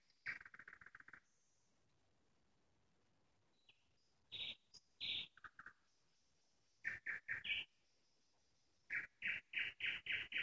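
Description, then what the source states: Nightingale song in varied phrases: a buzzy rattle, brief whistled notes, then fast runs of loud repeated notes toward the end. Nightingale singing in the Parus garden community, Moscow region (Podmoskovye).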